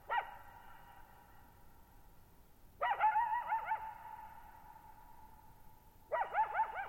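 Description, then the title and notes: Coyote producing three bursts of warbling howls and yips about three seconds apart, each carried on by a long, sustained echo. Lone coyote at night, July 14, 2019, Thirtymile Meadows, Okanogan National Forest, Okanogan High Country, 6400 ft; dry high plateau, bowl-shaped meadow, boggy ground, very quiet, highly reverberant. "Lone Coyote at Thirtymile Meadows. I spent the night of July 14, 2019, camped near Thirtymile Meadows in the Okanogan National Forest at 6400 ft (1950 m)"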